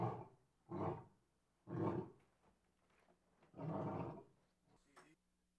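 Lion giving a few low, rough grunting roars, four main bursts with pauses between them.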